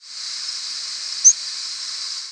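Northern waterthrush giving a single very short, thin, high upslurred note about midway, against a constant loud hiss.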